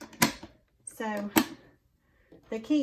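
The metal latches on the wooden carrying case of a vintage Singer 221 Featherweight sewing machine are lifted, and they snap open with sharp mechanical clicks at about 0.2 s and 0.9 s, releasing the case. Someone talks between and after the clicks.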